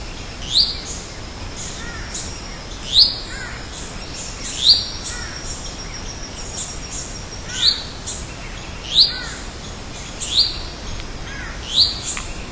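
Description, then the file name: Yellow-olive flycatcher calls: thin, sharp, rising notes repeated every one to three seconds, over a steady high hiss. Recorded at Esmeralda on 11 July 2015. "Tolmomyias-sulphurescens--- 2015-07-11-PP-Esmeralda---Jorge-La-Grotteria"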